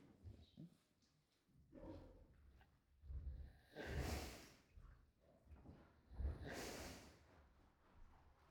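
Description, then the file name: Pig snoring, low rumbling breaths rising and falling every couple of seconds, with a few louder snorting exhalations near four and six and a half seconds. Pregnant sow snoring. "Pig Preagnant Snores"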